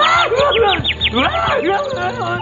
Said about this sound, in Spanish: ¡Un pajarito!